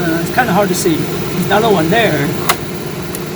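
A red dot laser module is handled near its magnetic mount on the laser head of a laser engraver, where two attracting magnets hold it in place. Someone talks over a steady background hum, with a few brief sharp ticks around 2.5 s and 3.2 s. The module has not seated or clicked into place yet.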